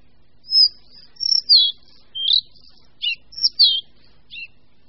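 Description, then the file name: Collared flycatcher song, a short run of high whistled notes, some sliding down and some broken into quick chirps. "Lejsek bělokrký"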